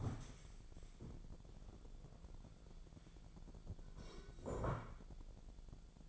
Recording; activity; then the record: daily activity, microphone in the room; stand up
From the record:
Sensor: 5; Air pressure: 1000.6 hPa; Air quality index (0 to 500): 150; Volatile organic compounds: 2 ppm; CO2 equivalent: 1164 ppm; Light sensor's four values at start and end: 47/110/46/48 and 47/110/46/48